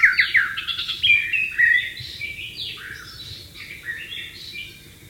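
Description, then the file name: White-rumped shama song, loud rapid whistled trills and slurred notes at the start, softening into quieter varied warbling phrases. "suara burung murai batu di alam liar"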